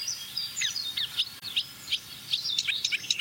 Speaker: Ja, deze bosrietzanger werkt gelukkig een beetje mee, want deze begint vrij rustig.